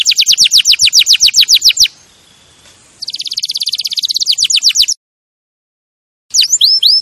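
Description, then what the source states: Canary delivering rapid repeated downslurred notes, a quiet pause, a dense buzzing trill, silence, then a few looping whistles. Champion canary song used as a master recording for training other birds.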